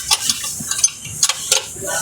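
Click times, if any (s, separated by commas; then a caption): none. A click-type torque wrench tightens a bolt on a switchgear busbar, giving short ratcheting hits at about 0.3, 0.9, 1.2 and 1.5 seconds over a low background. The wrench has not clicked at its setting yet.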